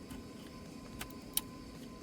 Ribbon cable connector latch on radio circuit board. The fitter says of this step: You heard that click, it means it's removed.